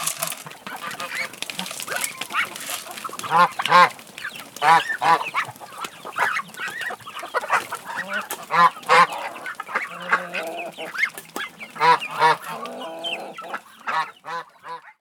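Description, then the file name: Domestic goose: domestic geese honking in uneven bursts throughout. Geese calling in a barn. "Sound Ideas - Barn Sounds with Geese and Chickens Calling"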